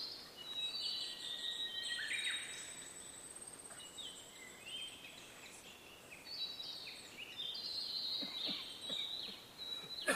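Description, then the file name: Blue-and-white flycatcher singing thin whistled phrases amid steady background noise, with faint clicks near the end. "oruri"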